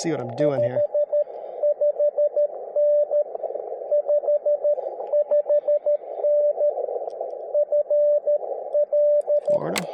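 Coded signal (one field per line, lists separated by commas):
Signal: Morse code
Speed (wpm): 21 wpm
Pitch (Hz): 590 Hz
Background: speech, radio noise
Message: 55N 55N FL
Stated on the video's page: Park activation from a public beach on Tangier Island, Friday night.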